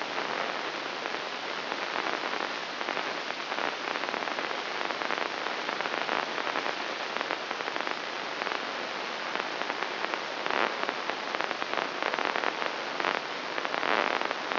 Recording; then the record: brain microelectrode recording played as sound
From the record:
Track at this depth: outside the subthalamic nucleus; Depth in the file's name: -1.081 mm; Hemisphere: left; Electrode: 3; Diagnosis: Parkinson's disease